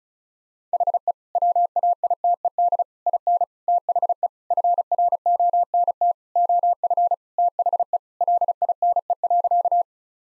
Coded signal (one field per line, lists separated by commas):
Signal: Morse code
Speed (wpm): 36 wpm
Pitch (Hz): 700 Hz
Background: none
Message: HE WAITED IN THE FRONT OF THE LINE.